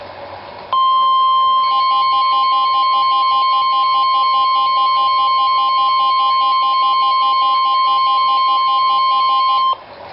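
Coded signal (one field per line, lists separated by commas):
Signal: Emergency Alert System (SAME) tones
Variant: 1050 Hz attention tone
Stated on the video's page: Severe Thunderstorm Warning alert received on a WR-100 weather radio.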